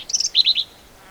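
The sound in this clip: Black-capped vireo, a short burst of high, scratchy chirped notes in two quick clusters, the second slightly lower, lasting under a second.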